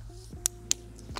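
A tripod leg's angle lock in the tripod spider/hub is moved from its flattest 71° setting to the next fixed-angle stop. Two sharp clicks at 0.5 s and 0.7 s stand out over a low steady hum. The lock seats home with the leg now at 51°.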